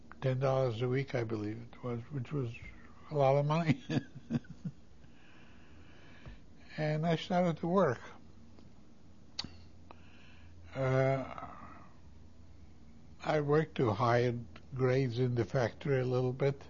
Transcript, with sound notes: Ten dollars a week, I believe it was, which was a lot of money. ( he laughs ) And I started to work. I worked to higher grades in the factory a little bit